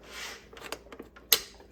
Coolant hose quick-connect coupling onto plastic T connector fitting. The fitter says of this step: a real good positive click on this. There we go,